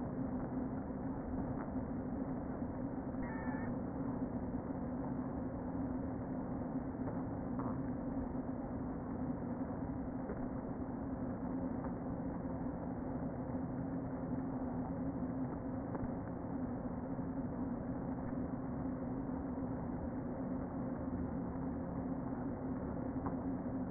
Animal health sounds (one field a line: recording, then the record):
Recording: honeybee colony, microphone inside the hive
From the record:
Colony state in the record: queen present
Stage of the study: before two queens were removed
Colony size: about 60,000 bees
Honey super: yes